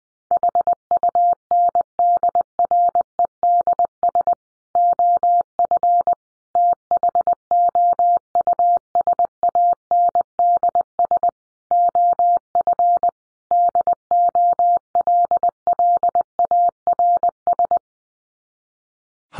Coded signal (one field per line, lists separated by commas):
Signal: Morse code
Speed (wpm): 20 wpm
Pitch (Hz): 700 Hz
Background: none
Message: HUNDREDS OF THOUSANDS OF DOLLARS